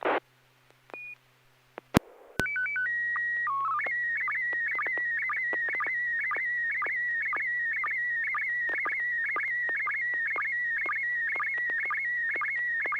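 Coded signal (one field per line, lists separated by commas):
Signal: SSTV (slow-scan television)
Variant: PD120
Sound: short calibration header of alternating tones, then a warbling tone with regular quick dips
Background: low hum, brief click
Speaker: two bpd-120 so so all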